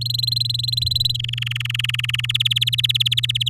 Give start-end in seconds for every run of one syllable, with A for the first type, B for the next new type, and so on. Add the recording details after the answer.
0.01-1.17 A, 1.19-2.26 B, 2.29-3.49 C. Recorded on 10 May 2018 at 15:05. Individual llb16